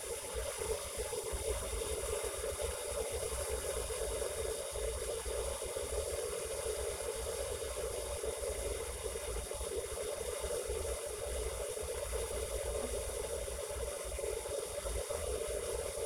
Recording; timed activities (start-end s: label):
household activities, microphone on the right wrist
0.00-16.06 s: making tea